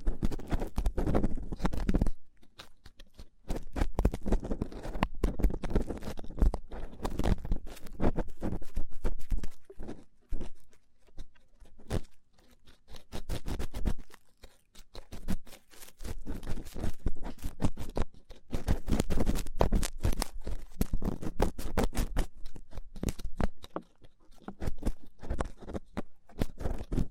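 Rough ear cleaning makes dense, irregular scratching and crunching bursts, loud and scraping, with brief pauses near two, ten and twenty-four seconds.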